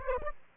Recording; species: mosquito wingbeat signal from an infrared sensor; Aedes aegypti